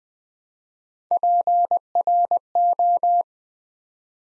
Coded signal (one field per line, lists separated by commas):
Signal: Morse code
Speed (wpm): 20 wpm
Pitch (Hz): 700 Hz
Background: none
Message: PRO